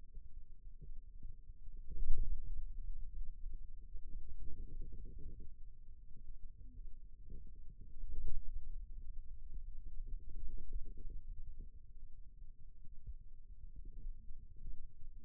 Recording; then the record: forearm muscle sounds (acoustic myography)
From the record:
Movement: ulnar deviation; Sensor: system 2, bracelet of six BSWA MPA416 microphones around the upper forearm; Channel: 2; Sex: male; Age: 22 years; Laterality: right